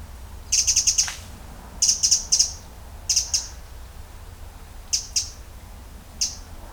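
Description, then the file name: Eurasian wren calls: hard, high ticking notes in quick bursts of three to five, then a pair and a single tick at uneven gaps, over a faint low hum. "Troglodytes troglodytes"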